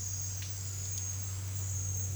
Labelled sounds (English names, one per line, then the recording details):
none
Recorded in dense forest near Puerto Asís, Putumayo, Colombia, on 21 March 2025 at 09:00
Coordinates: 0.484, -76.317
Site G064